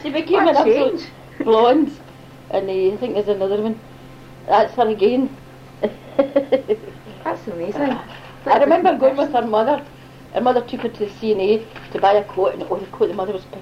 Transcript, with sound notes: She became an absolute blonde, and I think there's another one. That's her again! [laughs]
That's amazing!
I remember going with her mother, her mother took her to C&A to buy a coat, the coat the mother was picking out.